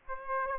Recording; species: mosquito wingbeat signal from an infrared sensor; Aedes aegypti